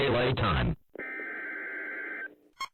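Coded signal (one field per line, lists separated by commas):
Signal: Emergency Alert System (SAME) tones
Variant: header bursts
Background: speech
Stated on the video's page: Fictional scenario; some of the tones are fictional.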